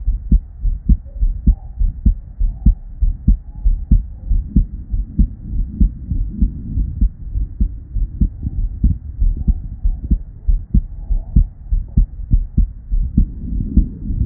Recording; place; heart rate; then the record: heart sounds by stethoscope; Erb's point; 98 bpm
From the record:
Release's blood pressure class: normal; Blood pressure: 112/69 mmHg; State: at rest